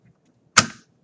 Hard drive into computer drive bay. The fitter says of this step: go right in once you hear the click there